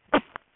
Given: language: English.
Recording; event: throat vibration sensor signal played as sound; cough